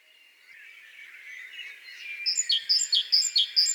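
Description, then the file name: Great tit singing: after a faint start, a bright two-note phrase repeats several times, high and quick, over a steady background hiss. "Parus major"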